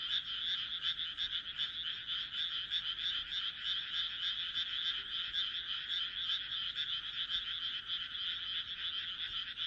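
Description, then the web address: Frogs croaking in a dense chorus, a steady high rattling trill of overlapping pulses that continues without a break throughout. "kaeru kaeru"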